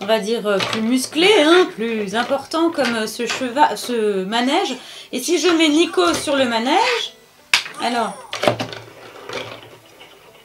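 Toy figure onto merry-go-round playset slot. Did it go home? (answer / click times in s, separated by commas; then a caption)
yes / 8.3 s. Someone talks while a small plastic toy figure is pushed onto a plastic merry-go-round playset slot. A sharp plastic click is heard at 8.3 s, followed by a few short rattles. The figure clips onto the ride base and is seated.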